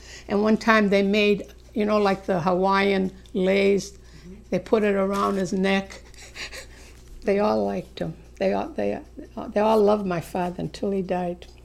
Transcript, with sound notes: And one time they made, you know, like the Hawaiian leis? They put it around his neck. ( she laughs ) They all liked him. They all, they all loved my father until he died.